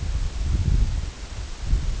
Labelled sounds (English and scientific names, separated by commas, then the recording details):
none
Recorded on Arctic tundra, site EABA-1, on 23 June 2018
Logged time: 22:00